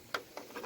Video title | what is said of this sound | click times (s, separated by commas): LED Upgrade! How to Replace Headlights 92-99 Chevy Truck/Suburban/Tahoe | go till it clicks. | 0.1 s